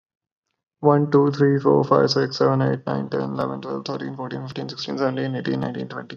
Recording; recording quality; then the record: counting at a fast pace; excellent, no background noise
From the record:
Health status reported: exposed to COVID-19, no respiratory illness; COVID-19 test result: negative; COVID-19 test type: RT-PCR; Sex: male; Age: 22 years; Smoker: no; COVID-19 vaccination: both doses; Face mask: not worn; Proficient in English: yes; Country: India